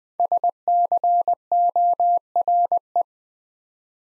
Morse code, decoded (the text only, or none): SCORE